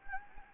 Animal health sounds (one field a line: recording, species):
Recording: mosquito wingbeat signal from an infrared sensor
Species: Anopheles gambiae